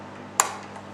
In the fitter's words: and push till it clicks